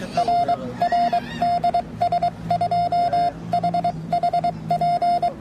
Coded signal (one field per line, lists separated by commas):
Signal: Morse code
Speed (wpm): 22 wpm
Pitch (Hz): 690 Hz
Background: none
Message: R R DS2HHP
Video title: QRP ,bicycle (물금~부산 250km), 국토종주.